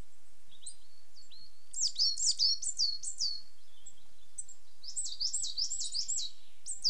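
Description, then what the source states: Coal tit giving high, thin calls of quick repeated downsweeping notes in two main bursts. Two pairs displaying to each other on a territorial boundary.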